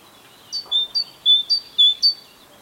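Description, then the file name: Great tit giving a quick run of about seven clipped, ringing notes that alternate between a higher and a slightly lower pitch. "Parus major"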